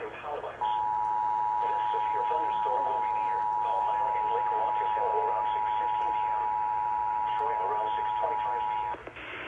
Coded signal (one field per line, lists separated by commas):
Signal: Emergency Alert System (SAME) tones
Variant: 853 and 960 Hz attention tone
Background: speech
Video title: Unexpected EAS Alerts from 9/29/20 - 9/30/20 EAS#321-323